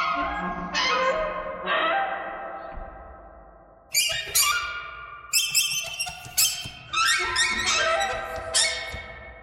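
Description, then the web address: Bird squawks, harsh harmonic calls that slide downward, several in quick runs with short pauses, each note trailing off into a ringing tail. "soundfactory birds"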